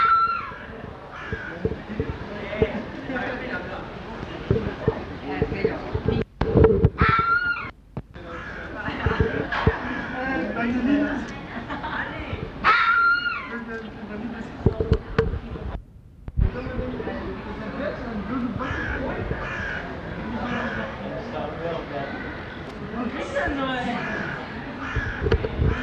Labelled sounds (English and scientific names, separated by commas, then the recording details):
Corsac Fox (Vulpes corsac) barking
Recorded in captivity
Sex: male
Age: adult
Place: Zoo Berlin, Berlin, DE
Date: 1985-10-04 11:48
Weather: overcast, 12-14°C, wind
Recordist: Tembrock, Günter